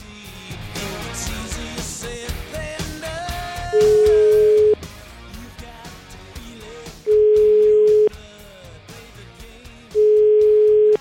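Three long, steady telephone ringing tones, each about a second, pulse at even intervals, loud and low-pitched, over a busy backdrop of music-like sound, as Giuseppe Cruciani of Radio 24 places a call.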